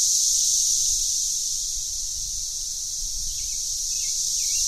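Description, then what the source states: Periodical cicadas in a dense, continuous high-pitched droning chorus that swells and eases in volume, with low rumbling background noise. Mass emergence of 13-year cicadas under backyard trees, Franklin, Tennessee, Memorial Day 30 May 2011; pulses every 5–6 seconds, 90–99 decibels, morning until 7–8 pm, loudest from late morning.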